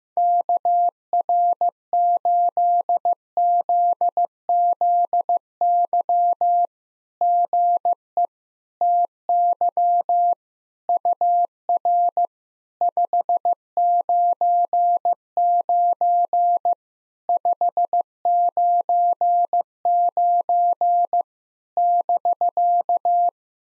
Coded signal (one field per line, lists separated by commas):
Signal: Morse code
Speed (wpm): 15 wpm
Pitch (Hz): 700 Hz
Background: none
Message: KR8ZZY GE TY UR 599 599 <BK>